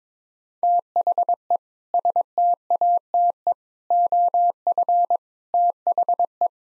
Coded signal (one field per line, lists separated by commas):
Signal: Morse code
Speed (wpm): 22 wpm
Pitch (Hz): 700 Hz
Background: none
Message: THE STATE OF THE